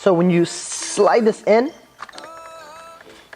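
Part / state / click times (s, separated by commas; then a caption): drone flight battery into quadcopter battery bay / not seated / none. Someone talks briefly while sliding an aftermarket plastic flight battery into the battery bay of a DJI Phantom 3 quadcopter, followed by quiet handling and sliding noises with a few faint ticks. The side release tabs give no latch click like the original battery does, so nothing has clicked; the battery still stays on snug.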